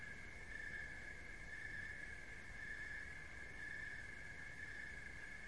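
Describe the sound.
Cricket giving a steady, unbroken high trill that swells gently about once per second, over a low background rumble.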